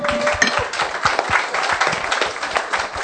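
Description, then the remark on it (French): An audience breaks into steady applause for a newcomer, many hands clapping in a dense, continuous patter that holds at an even loudness throughout, with a faint murmur of voices underneath. “Est-ce que vous voulez bien lui réserver une ovation, s'il vous plaît ?”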